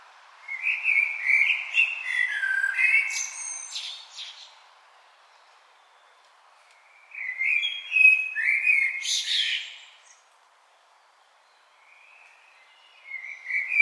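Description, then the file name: Common blackbird song: rich fluted warbling phrases, each ending in a high squeaky flourish, separated by pauses of a few seconds. "Turdus merula"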